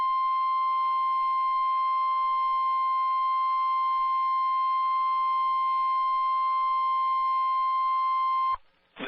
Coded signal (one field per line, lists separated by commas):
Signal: Emergency Alert System (SAME) tones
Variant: 1050 Hz attention tone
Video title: Special Marine Warning - 11/04/22 (EAS #2,679)